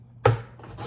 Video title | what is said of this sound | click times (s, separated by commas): 6.4 Hemi intake manifold swap on 5.7 (Part 1) | Should hear it really click in there whenever they seat properly. | 0.3 s